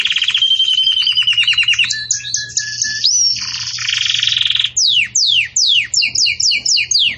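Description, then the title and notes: Belgian canary song of rapid repeated notes, a rolling buzzy trill, then a string of sharp falling whistled notes repeated quickly. Belgian canary 'campainha' (bell) song, used as a tutor song for young birds in breeding. "Canto Do Canário Belga Campainha Para Encarte De Filhotes. CANARIO"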